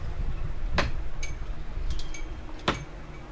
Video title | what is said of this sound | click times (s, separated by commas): Project Tokyo Drift - Brining a 350z back to life. | You hear that snap? | 0.8 s, 2.7 s